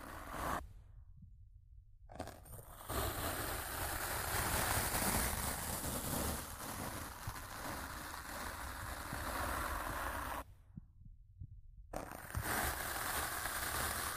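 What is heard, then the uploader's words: Rough scratching and brushing right against a microphone, a dense, crackling rush of friction noise with heavy low thumps underneath. The rubbing runs almost continuously, breaking off into near silence twice, around one to two seconds and again near eleven seconds, before resuming. Rough Mic Scratching & Brushing (No Talking).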